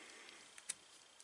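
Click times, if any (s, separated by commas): none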